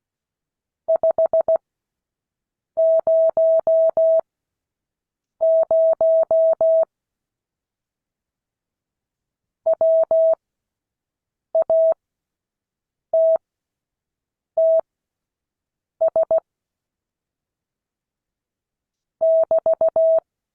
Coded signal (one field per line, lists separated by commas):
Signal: Morse code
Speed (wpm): 16 wpm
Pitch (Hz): 650 Hz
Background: none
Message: 500 WATTS <BT>